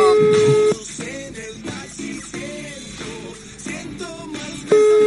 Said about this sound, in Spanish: ¡Atención! ¡Está sonando el teléfono!